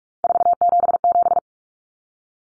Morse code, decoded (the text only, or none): 477